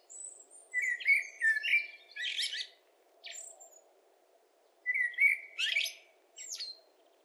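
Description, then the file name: Common blackbird song with warbled low notes and scratchy high flourishes, two main phrases plus a few thin squeaks, light hiss behind. "Turdus merula"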